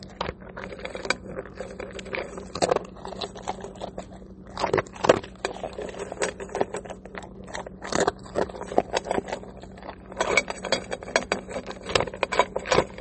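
A pet eats kibble, with dense, irregular crunches and clicks of hard pieces against a bowl. Sharp bright bursts cluster around two to three seconds, near five, eight, and after ten seconds. A low steady hum sits underneath throughout.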